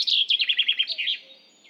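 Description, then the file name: Common chaffinch song fragment: a fast run of repeated chipping notes, ending in a short flourish. "Fringilla coelebs"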